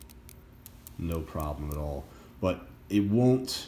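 The rotating bezel of a Breitling wristwatch is turned after its detent spring has settled into place in the watch case bezel. Sharp ratchet clicks are heard at 0.0, 0.1, 0.3, 0.7 and 0.9 seconds, followed by someone talking. The clicking shows the spring is seated, where a moment earlier the bezel was not clicking.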